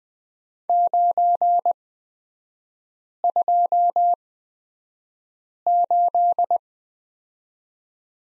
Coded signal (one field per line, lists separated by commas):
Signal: Morse code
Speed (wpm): 20 wpm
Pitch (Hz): 700 Hz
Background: none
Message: 928